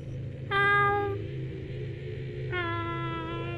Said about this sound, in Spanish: Cuando estaban en la caseta se escuchó de nueva cuenta al gato